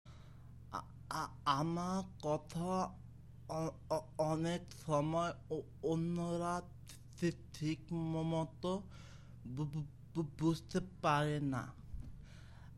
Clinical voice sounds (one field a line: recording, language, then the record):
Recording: elicited speech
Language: Bengali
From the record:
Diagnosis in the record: Broca's or global aphasia after a stroke